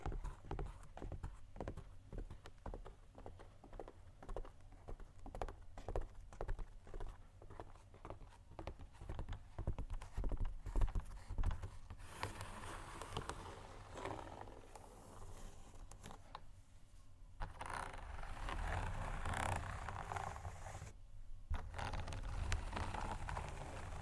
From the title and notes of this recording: ASMR Shoes Scratching & Tapping（No Talking）.